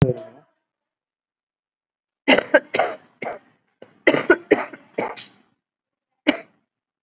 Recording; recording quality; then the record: heavy voluntary cough; excellent, no background noise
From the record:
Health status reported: COVID-19 positive, moderate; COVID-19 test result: positive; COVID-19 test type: RT-PCR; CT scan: not taken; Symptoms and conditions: cough, fever, fatigue, muscle pain, another condition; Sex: female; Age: 35 years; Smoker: no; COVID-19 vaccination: none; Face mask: worn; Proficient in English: yes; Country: India